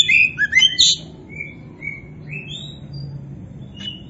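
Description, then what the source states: Oriental magpie-robin giving a quick jumble of chirps, then several drawn-out clear whistles at different pitches, over a steady low hum. Kacer poci form; described as gacor, an Indonesian term for a bird singing actively and constantly.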